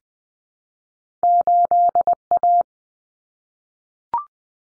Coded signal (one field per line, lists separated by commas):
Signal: Morse code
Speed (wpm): 20 wpm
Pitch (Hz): 700 Hz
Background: none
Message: 8A